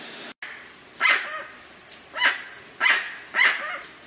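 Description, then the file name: Dusky-legged guan giving loud, harsh yelping notes, four main calls spaced unevenly, with a fainter note between them. "Canto do jacuguacu"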